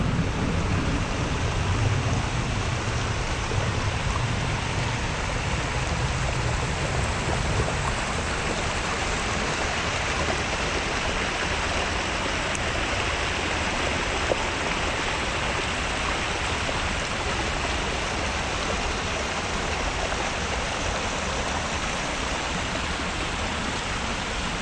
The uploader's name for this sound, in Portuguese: Caminhando na chuva no Central Park em Manhattan Nova York